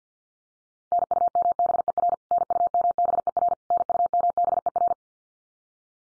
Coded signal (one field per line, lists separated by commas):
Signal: Morse code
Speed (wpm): 50 wpm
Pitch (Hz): 700 Hz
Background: none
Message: NUMBER NUMBER NUMBER